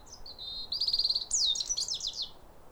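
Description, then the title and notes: European robin song: a thin high whistled phrase followed by a fast tinkling, warbling run of slurred notes, sharp and sweet, with faint low background hum. Pair of robins in neighbouring gardens singing as a duet at a clear, calm, rosy sunrise around New Year, midwinter, after weeks of rain. "Sound Escape 150: Be uplifted by a chorus of New Year's robins. A pair of robins in neighbouring gardens welcome the early sun with wistful phrases as if chatting over the fence. BBC Countryfile Magazine. Recorded by Fergus Collins"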